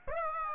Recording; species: mosquito wingbeat signal from an infrared sensor; Aedes aegypti